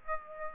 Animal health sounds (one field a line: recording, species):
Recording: mosquito wingbeat signal from an infrared sensor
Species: Aedes aegypti